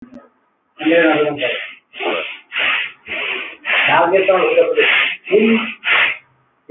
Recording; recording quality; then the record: shallow breathing; moderate, slight background noise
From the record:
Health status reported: healthy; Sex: male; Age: 24 years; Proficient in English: yes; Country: India